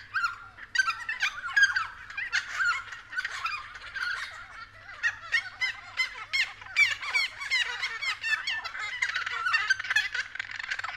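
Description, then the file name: Friarbirds giving harsh, cackling calls in a dense, overlapping chorus, with repeated loud bursts throughout. Several friarbirds calling at 6:30 AM. "BIRD-FRIARBIRDS-N-301111-6 30 AM"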